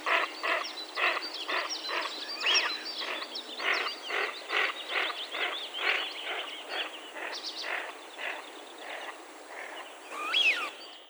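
Eurasian wigeon calls, a rapid run of rough, stacked notes with sharper whistled notes and a louder rising-falling whistle near the end.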